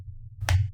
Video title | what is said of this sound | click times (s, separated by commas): Con la XIAOMI Mi POCKET PRINTER imprimo mis FOTOS desde cualquier sitio y SIN GASTAR TINTA | Una vez cargadas las hojas, ya simplemente deslizamos nuevamente hacia la izquierda hasta oír un clic y ya la tendríamos lista para imprimir. | 0.5 s